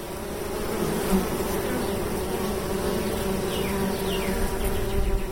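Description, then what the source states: Honeybees buzzing in a steady, dense drone that never pauses. Bees inside a hive at Crandall Farms, Coal Valley, Illinois; most are female workers, with some larger male drones among them.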